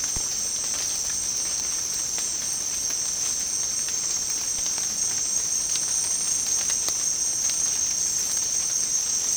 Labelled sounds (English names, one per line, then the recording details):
none
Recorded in secondary vegetation near Puerto Asís, Putumayo, Colombia, on 27 June 2025 at 17:00
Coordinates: 0.484, -76.319
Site G074